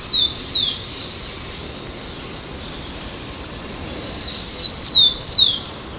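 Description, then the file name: Rufous-collared sparrow song: clear high whistles slurring steeply downward, a pair at the start and a quick run of several near the end, with fainter whistles between, over a steady background hiss. Recorded at Ibirapuera, São Paulo, Brazil. "Zonotrichia-capensis-Ibirapuera-SP-BR-6-12-12-ASilveira"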